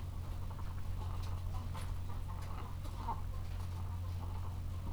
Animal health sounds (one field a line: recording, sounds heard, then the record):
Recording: poultry house recording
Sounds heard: sick chickens (respiratory disease)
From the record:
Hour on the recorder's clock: 14